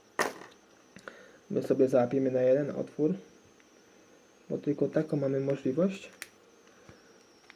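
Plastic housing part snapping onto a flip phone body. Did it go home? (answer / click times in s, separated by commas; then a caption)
yes / 7.5 s. A plastic housing part is pressed onto the body of a Siemens C62 flip phone during reassembly while someone talks. Small sharp taps occur near the start, and the part clicks into place at 7.5 s, seated correctly with everything looking fine.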